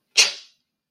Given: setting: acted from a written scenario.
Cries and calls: vocal sound without words; contempt

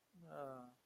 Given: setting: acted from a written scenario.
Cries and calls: vocal sound without words; neutral

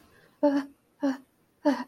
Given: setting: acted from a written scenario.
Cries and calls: vocal sound without words; fear

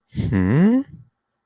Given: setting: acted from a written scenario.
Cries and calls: vocal sound without words; realization

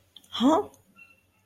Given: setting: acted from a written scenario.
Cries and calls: vocal sound without words; confusion

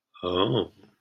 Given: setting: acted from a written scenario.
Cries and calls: vocal sound without words; romantic love

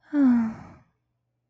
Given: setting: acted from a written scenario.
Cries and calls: vocal sound without words; serenity

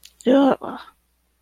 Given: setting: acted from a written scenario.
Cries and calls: vocal sound without words; disgust

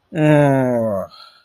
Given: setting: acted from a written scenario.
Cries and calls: vocal sound without words; contentment

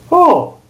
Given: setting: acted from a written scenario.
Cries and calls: vocal sound without words; positive surprise

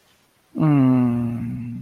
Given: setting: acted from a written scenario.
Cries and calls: vocal sound without words; serenity

